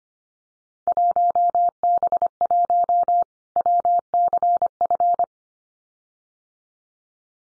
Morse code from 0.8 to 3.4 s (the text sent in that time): 1B1